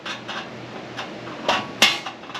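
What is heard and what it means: A sheet-metal speed clip is slid over the edge of an aftermarket steel inner fender panel and pressed on, replacing a nut on the back side. Light metallic scraping and taps come first, with a louder one near 1.5 s, then a sharp snap at 1.8 s as the clip seats in place.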